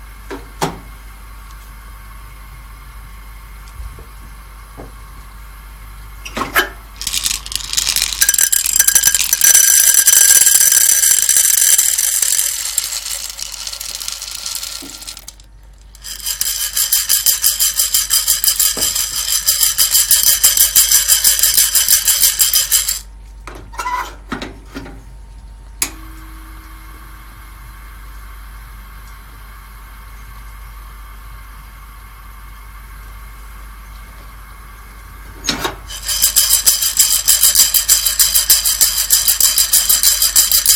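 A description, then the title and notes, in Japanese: Guatemalan SHB coffee being roasted, with a low machine hum running throughout. Loud, bright, hissing mechanical whirring swells in for long stretches, roughly 7–15, 16–23 and 35–41 seconds, with quieter gaps, a few clicks and knocks between them. 今朝は”グアテマラSHB”を焙煎。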